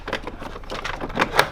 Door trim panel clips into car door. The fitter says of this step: like so you can kind of feel it pop into place making sure each and every part